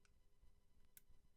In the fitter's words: so we'll reinstall our FCU into our grip module we'll put our pin in there you'll hear it click